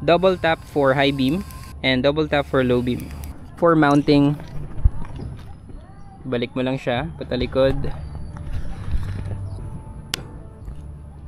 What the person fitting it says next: nag-snap na Okay na yan